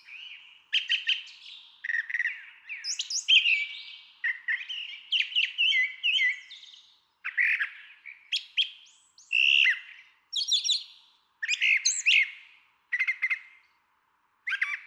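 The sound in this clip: Brown Thrasher song, a long sequence of varied chirps, trills and rough notes, phrases following each other with brief pauses.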